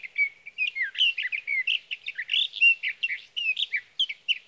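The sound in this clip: Sage thrasher delivering a steady, unbroken warble of fast varied notes mixing clear whistles and slurs throughout.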